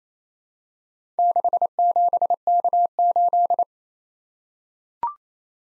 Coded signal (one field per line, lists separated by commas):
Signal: Morse code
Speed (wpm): 27 wpm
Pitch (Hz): 700 Hz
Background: none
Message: 67K8